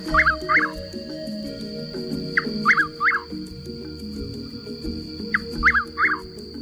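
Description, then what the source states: Chuck-will's-widow calling: whistled three-note phrases repeated about every three seconds, three phrases, the first only partly heard, over a low background hum. Seemingly endless calls that speak its name, given at dusk and often into the night.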